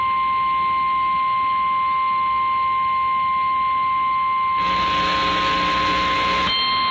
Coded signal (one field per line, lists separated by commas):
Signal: Emergency Alert System (SAME) tones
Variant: 1050 Hz attention tone